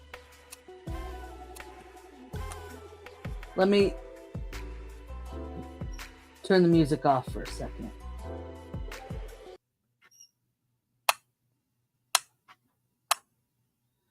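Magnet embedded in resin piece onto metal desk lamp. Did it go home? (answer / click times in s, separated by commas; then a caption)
yes / 11.1 s, 12.2 s, 13.1 s. A resin piece with an embedded magnet is snapped onto the metal body of a desk lamp. Music plays while someone talks, then it goes quiet and three sharp clicks are heard at 11.1, 12.2 and 13.1 seconds. Each click is the magnet seating against the metal lamp.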